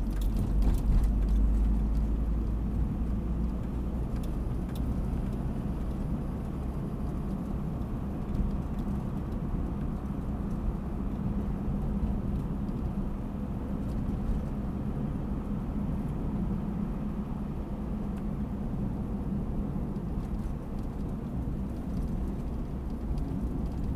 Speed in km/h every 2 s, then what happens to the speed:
36, 41, 45, 47, 48, 49, 51, 47, 47, 48, 48, 45.
0-5 speeds up to 47. 5-24 steady at about 48.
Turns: none.